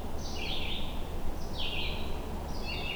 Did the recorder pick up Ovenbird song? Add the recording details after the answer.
no. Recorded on 21 June 2016 at 05:44. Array SBT-6-76